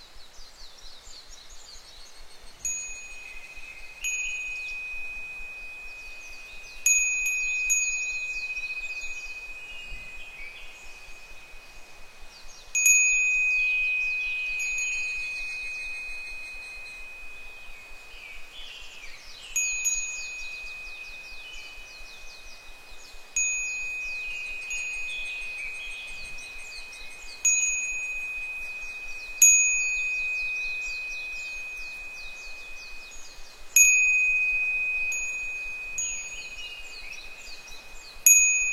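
Wind chimes ring out in clusters of bright, high metal tones, each strike ringing on and slowly fading. The strikes come irregularly, a few seconds apart, with several louder bursts near the start, middle and end. A quiet, steady hush fills the gaps.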